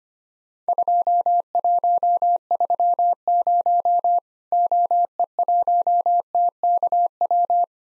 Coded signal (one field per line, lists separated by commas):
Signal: Morse code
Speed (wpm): 25 wpm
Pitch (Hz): 700 Hz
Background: none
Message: 2130 OE1TKW